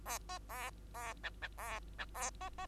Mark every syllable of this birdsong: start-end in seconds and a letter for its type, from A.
0.05-0.18 A, 0.29-0.39 B, 0.49-0.70 A, 0.94-1.14 A, 1.23-1.30 C, 1.42-1.48 C, 1.57-1.80 A, 1.98-2.06 C, 2.14-2.30 A, 2.40-2.50 B, 2.58-2.66 B